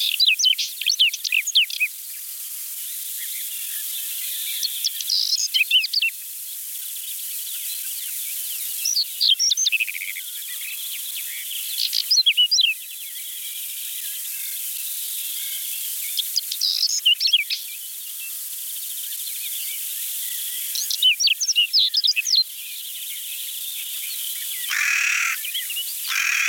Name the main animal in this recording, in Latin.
Saxicola rubetra